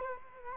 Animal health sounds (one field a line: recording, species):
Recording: mosquito wingbeat signal from an infrared sensor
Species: Culex quinquefasciatus